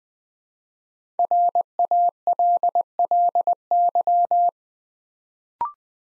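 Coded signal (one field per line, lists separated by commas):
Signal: Morse code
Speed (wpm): 20 wpm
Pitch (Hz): 700 Hz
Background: none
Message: RALLY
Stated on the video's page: Morse practice drill at 20 wpm, building 5-letter words one letter at a time for instant character recognition.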